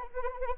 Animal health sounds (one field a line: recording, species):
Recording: mosquito wingbeat signal from an infrared sensor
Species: Anopheles arabiensis